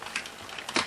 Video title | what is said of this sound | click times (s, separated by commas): MMPR 2010: Dino Megazord Review Part 1 | until it snaps. Makes a clicking sound. There you go. | 0.8 s